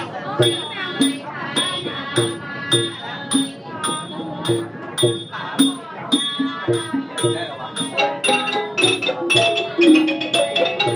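Voices chant to the Medicine Buddha at a Chan temple in Xiamen, a steady sung recitation with sustained tones. A sharp percussive strike lands regularly, roughly twice a second, and ringing bell-like overtones hang above the chant throughout.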